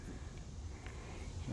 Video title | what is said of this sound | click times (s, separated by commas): The Family Plot -- July 30, 2015 | Push it in 'til it clicks. | 0.9 s